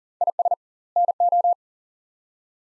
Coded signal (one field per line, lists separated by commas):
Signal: Morse code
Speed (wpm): 40 wpm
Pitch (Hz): 700 Hz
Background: none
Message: IS NO